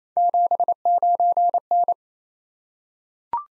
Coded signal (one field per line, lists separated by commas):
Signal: Morse code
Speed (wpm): 27 wpm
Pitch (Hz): 700 Hz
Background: none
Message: 79N